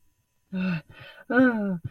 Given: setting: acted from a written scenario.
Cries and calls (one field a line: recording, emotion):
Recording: vocal sound without words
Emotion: distress